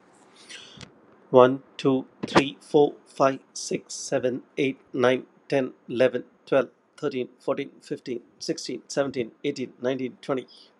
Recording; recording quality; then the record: counting at a fast pace; excellent, no background noise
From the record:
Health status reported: healthy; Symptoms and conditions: hypertension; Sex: male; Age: 52 years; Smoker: not ticked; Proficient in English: yes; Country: India